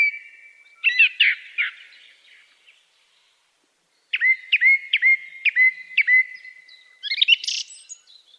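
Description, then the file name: Song thrush singing clear whistled phrases, with one short note repeated several times in quick succession, then scratchier high twitters; no other sounds. Melodic song. "song thrush bird melodic song"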